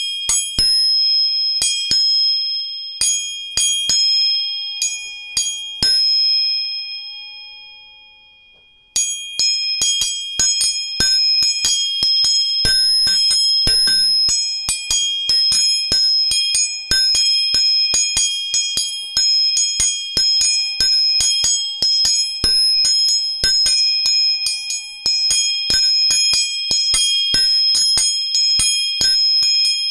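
Three tuning forks are struck and left ringing, giving steady, bright, pure tones that overlap. A few sparse taps in the first six seconds fade into near silence, then from about nine seconds the forks are struck rapidly and repeatedly until the end.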